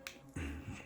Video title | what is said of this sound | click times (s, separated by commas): SJCAM C110+ 4K BODY CAM FULL REVIEW (22126) | the snaps right in here like this. It's pretty solid. | 0.1 s